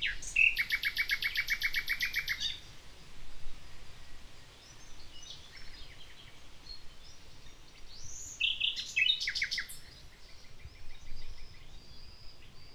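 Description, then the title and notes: Common nightingale song: a fast rattling trill of repeated notes, a pause, then varied chirps and whistled phrases, with steady wind noise below. Nightingale singing in the morning in the village of Riumors, Alt Empordà, on a Tramuntana day. "Este ruiseñor se hacia oir un dia de Tramuntana en el pueblo de Riumors"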